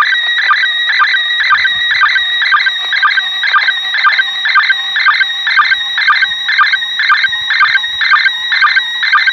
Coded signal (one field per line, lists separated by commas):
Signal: SSTV (slow-scan television)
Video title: ISS SSTV, 14:20.21 JULY 2017